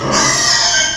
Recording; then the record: squeal of a Yucatan mini pig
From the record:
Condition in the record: before surgery on the right vocal fold (resection and tissue-engineered implant); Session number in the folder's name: 2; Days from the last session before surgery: 0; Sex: male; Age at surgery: 12 weeks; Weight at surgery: 13 kg